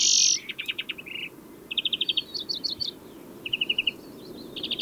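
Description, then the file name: European greenfinch opening with a brief harsh wheeze, then several short rapid trills spaced by quiet gaps. "Chloris chloris"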